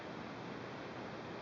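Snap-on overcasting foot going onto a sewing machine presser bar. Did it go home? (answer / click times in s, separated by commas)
no / none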